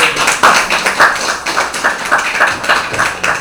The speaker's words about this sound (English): Clap for her, please.